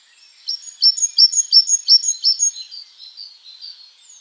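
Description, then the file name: Great tit giving one crisp strophe of about seven ringing, repeated notes, then trailing off into softer, lower warbled notes. "Parus major"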